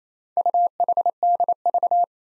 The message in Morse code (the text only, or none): UHDV